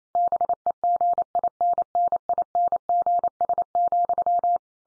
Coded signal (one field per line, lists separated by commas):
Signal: Morse code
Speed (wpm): 28 wpm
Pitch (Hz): 700 Hz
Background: none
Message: BEGINNINGS,